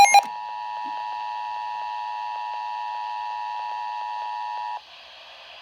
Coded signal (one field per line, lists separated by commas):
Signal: Emergency Alert System (SAME) tones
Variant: 853 and 960 Hz attention tone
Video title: EAS#151 Severe Thunderstorm Warning